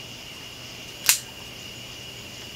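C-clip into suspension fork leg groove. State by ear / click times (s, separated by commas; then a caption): seated / 1.1 s. A c-clip (circlip) is installed into the groove inside a leg of a Marzocchi Bomber Z2 bicycle suspension fork during a travel change from 100mm to 130mm. A single sharp metallic snap at 1.1 s over a steady faint hiss marks the clip seating in its groove, confirmed as a good snap.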